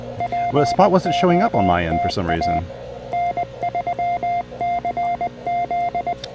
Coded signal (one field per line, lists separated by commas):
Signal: Morse code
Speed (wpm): 20 wpm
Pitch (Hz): 700 Hz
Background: speech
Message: POTA N3CZ